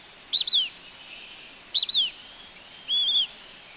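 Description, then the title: Blackish pewee giving two quick high calls that slur downward, then a longer burry wavering note, with steady insect hum in the background. Nominate subspecies Contopus nigrescens nigrescens. "LuckyPassaro Completos2Sama. Blackish Pewee"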